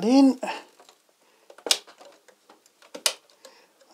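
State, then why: Seated. A DDR4 memory module is pushed into a desktop motherboard DIMM slot in an Alienware Aurora R7 during a 16GB to 32GB memory upgrade. Someone talks, a sharp tick comes at about 1.7 s, and a loud, crisp snap at 3.1 s marks the plastic retention clip closing. The module is seated, confirmed as clicked in.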